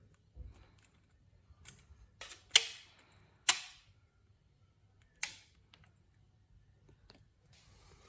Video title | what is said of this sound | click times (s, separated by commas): Roletų ir žaliuzių valdiklis Smart Home | once it's clicked all the way you'll | 2.6 s, 3.5 s